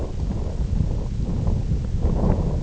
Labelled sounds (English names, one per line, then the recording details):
none
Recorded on Arctic tundra, site IGLO-F, on 18 June 2018
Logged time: 22:00